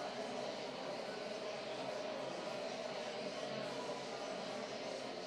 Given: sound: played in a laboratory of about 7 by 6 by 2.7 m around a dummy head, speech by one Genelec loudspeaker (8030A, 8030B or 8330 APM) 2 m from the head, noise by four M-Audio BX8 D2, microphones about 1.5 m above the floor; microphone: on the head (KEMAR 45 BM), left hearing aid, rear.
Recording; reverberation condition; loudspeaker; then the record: babble noise; high; four, about 170 cm from the corners of the room and facing them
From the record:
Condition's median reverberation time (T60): about 1300 ms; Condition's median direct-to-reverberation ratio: about -4.0 dB